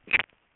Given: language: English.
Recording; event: throat vibration sensor signal played as sound; swallow